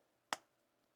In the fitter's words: snap that in like that